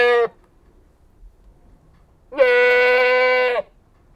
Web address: BBC Sound Effects Library BBC 34-Livestock 1 One Anglo-Nubian Goat Bleating